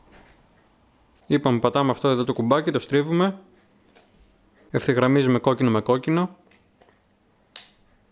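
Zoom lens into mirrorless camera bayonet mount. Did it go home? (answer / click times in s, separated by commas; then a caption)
yes / 7.6 s. A zoom lens is fitted into the bayonet mount of a Xiaomi Yi M1 mirrorless camera while someone talks. The lens is aligned red mark to red mark and twisted, and it locks into the mount with a sharp click at 7.6 s.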